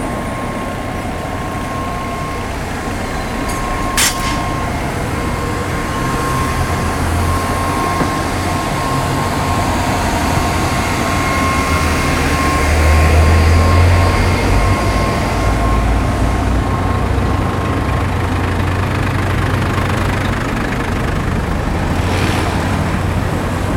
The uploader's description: Field-recorded at Takanawa Gateway Sta., Tokyo.